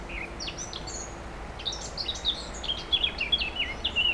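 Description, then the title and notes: Warbler song of short, thin, high chirps that grow louder toward the end. Near the Sierroz river, allée Marcel Mailly, Aix-les-Bains, France; warblers singing without competition at this time of year; river level very low. "3 Rue des Pélicans, 73100 Aix-les-Bains, France - Fauvettes. Près du Sierroz allée Marcel Mailly , les fauvettes sont sans concurrence à cette époque , le niveau du Sierroz est très bas"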